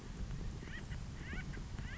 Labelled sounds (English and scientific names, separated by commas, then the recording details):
Acorn Woodpecker (Melanerpes formicivorus)
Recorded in Sonoma County, California